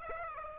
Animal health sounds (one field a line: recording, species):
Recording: mosquito wingbeat signal from an infrared sensor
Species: Aedes aegypti